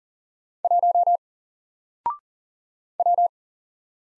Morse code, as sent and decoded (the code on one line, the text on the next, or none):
.---- / .--
1 W